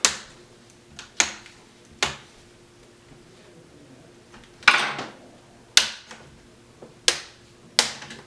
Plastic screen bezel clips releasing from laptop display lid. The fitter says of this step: Be gentle as you go around popping this off.